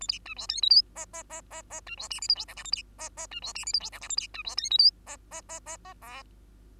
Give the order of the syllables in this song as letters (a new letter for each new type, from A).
A B C D E F G H H H H H C D I J K L M N A B H H C D I J K L M N A B C D E F G H H H H H O